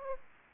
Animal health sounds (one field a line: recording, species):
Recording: mosquito wingbeat signal from an infrared sensor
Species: Aedes aegypti